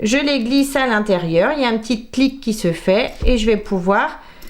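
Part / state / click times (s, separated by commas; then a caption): zipper slider onto zipper teeth of a handbag zipper / not seated / none. A zipper slider is being threaded onto the uncut long end of a handbag's zipper tape and pushed toward the teeth while someone talks throughout. Nothing has seated or clicked yet; the slider is still being handled and has not clicked onto the teeth.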